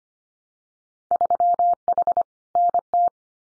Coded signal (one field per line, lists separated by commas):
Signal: Morse code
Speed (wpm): 25 wpm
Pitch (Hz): 700 Hz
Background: none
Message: 3H NT